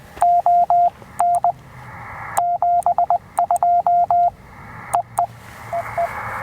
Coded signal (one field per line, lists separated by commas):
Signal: Morse code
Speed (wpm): 20 wpm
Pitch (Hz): 700 Hz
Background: radio noise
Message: ON 72 EE EE